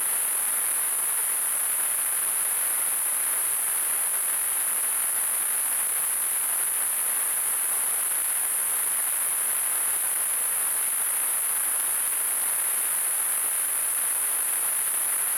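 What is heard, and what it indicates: Simulated tinnitus: a steady, continuous high-pitched hiss concentrated around 8–12 kHz over a broad band of noise, unchanging from start to end.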